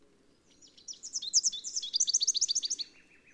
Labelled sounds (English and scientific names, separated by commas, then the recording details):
Rufous-capped Warbler (Basileuterus rufifrons) song
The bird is a male
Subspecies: rufifrons
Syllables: 26
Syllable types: 6
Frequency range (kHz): 2.9-7.2 kHz
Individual CS-GYGS-M